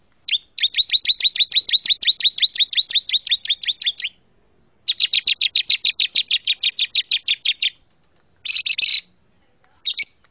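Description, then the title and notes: Canary song: long fast trills of bright repeated whistled notes, two extended rolls separated by a short pause, then brief buzzy bursts. Champion canary song used as a master recording for training songbirds. "Kenari Jawara. Master Burung Kenari"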